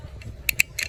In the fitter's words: and it locks in place. So it locks in place so I could pull it.